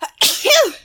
Oscar had a very bad cold and kept sneezing all the time. That is the sound of someone sneezing. Oscar started to sneeze.